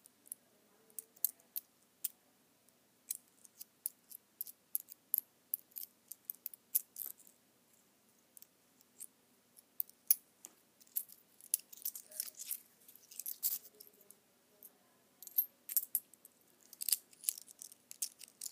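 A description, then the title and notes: Rattling toys give a string of sharp, bright clicks and ticks at an irregular pace. The clicks come sparsely at first, then bunch into busier clattering bursts from about ten seconds on. A faint low hum sits underneath throughout. ASMR Rattling Toys.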